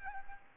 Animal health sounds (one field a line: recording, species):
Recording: mosquito wingbeat signal from an infrared sensor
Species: Aedes aegypti